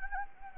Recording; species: mosquito wingbeat signal from an infrared sensor; Anopheles gambiae